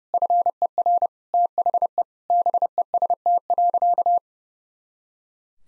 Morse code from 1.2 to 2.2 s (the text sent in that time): THE